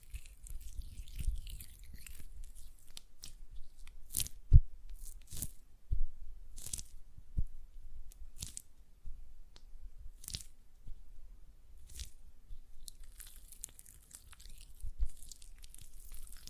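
Hands working gel lotion, with soft wet squelches and brief sticky crackles that come every second or so, a few sharper smacks near 4, 7 and 10 seconds. Between them sits a low rumble, and a faint airy hiss returns near the end.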